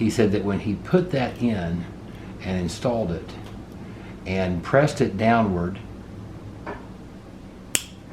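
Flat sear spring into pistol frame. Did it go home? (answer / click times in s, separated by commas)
yes / 7.8 s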